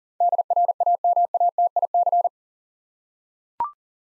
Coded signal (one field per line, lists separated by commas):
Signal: Morse code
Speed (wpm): 40 wpm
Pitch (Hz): 700 Hz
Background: none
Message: DRAMATIC